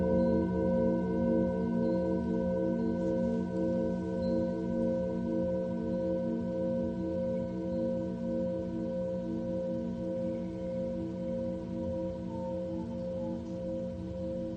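A singing bowl rings in a long, steady sustained tone, its layered pitches humming together without a new strike across the fifteen seconds. The sound holds nearly constant in level, with a faint slow wavering and a few thin high glints near the end.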